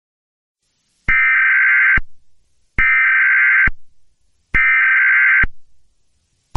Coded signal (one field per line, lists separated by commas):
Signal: Emergency Alert System (SAME) tones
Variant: header bursts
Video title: First Video-An EAS Test from 1999, but......different?